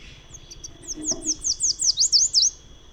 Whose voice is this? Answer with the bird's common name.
Chestnut-capped Warbler